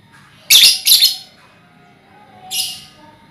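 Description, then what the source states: Lovebird chirps: a double harsh high squeak followed after a pause by a softer single one. Ngekek song, used as a lure song (kicau pancingan).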